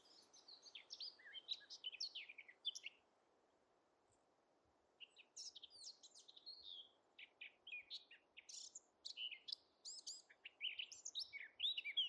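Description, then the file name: Eurasian blackcap song: bursts of fast, varied warbling notes high in pitch, a pause of about two seconds, then a longer chattering, scratchy warble that runs to the end. "Sylvia atricapilla"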